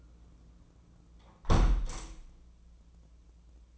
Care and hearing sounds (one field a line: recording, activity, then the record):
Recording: daily activity, microphone in the room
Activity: close window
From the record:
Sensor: 1